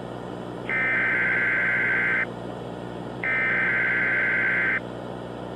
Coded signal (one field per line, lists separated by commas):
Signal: Emergency Alert System (SAME) tones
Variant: header bursts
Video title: Torn-Nightmare - An EAS Scenario